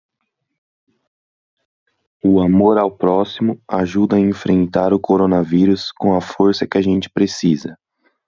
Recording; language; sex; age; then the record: spoken sentence; Brazilian Portuguese; male; 20 to 29 years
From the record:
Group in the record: control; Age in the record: 22 years